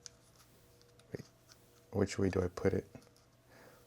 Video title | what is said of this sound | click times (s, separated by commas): 08.19.2025 | Hasn't clicked into place yet. I'm not sure why it's not. | none